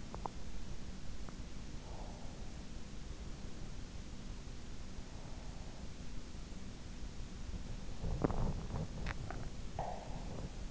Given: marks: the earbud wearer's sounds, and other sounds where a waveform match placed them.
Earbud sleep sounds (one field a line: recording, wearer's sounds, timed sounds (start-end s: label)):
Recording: sounds in sleep by an in-ear microphone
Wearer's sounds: teeth grinding, breath, swallowing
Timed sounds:
0.00-0.45 s: teeth grinding
1.77-2.73 s: breath
7.89-8.89 s: teeth grinding
8.98-10.70 s: swallowing